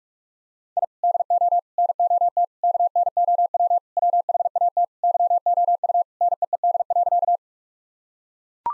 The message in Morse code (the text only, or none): I DO NOT KNOW WHAT YOU NEED.